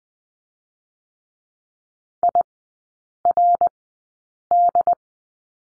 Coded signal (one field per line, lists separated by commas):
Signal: Morse code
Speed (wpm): 20 wpm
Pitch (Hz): 700 Hz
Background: none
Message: IRD